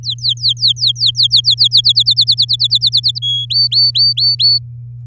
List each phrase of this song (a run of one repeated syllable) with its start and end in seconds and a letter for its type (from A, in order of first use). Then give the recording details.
0.03-1.68 A, 1.71-3.19 B, 3.22-3.46 C, 3.50-4.58 D. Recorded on 10 May 2018 at 11:45. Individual llb16